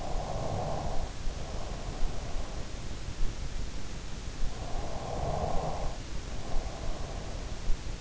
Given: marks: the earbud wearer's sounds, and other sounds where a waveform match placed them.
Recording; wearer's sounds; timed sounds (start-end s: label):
sounds in sleep by an in-ear microphone; breath
0.00-3.01 s: breath
4.56-7.74 s: breath